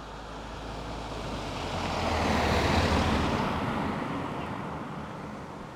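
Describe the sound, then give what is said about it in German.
A car drives past with a broad rushing hiss that swells to a peak around the middle, then gradually fades away, over a low steady rumble. No one speaks. “Auto, kommt da wieder um.”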